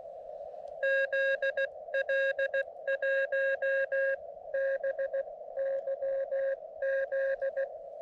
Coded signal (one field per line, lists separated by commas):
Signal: Morse code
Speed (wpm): 16 wpm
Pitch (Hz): 530 Hz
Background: none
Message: ZL1BYZ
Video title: Middle Peak CW